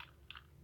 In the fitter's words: If you heard that clicked on, base is on, you can shake it.